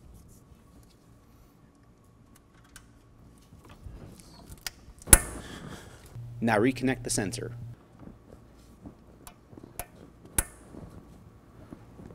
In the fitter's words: When you are pushing the coupler into place, make sure to listen for the snap ring to click back into place.